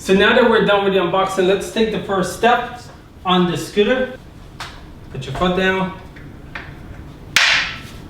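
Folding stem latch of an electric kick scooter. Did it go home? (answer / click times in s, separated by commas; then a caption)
yes / 7.4 s. Someone talks, then a foot presses down on the deck of a Ninebot ES1 electric kick scooter to unfold it. The folding stem latch locks into place with a loud snap at 7.4 s, and the scooter is seated and locked.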